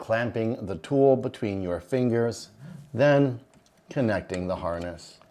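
A wiring harness connector is being handled for connection to the laser module socket of an xTool S1 laser cutter, with the tool held clamped between the fingers, while someone talks throughout. Nothing has seated or clicked yet; the connector is not yet home.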